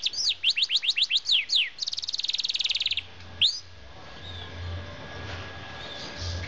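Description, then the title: Norwich canary song: a run of fast falling sweeps, then a quick buzzy trill, a single sweep, and a few soft, faint notes afterward. "Norwich Canary - Laropstars"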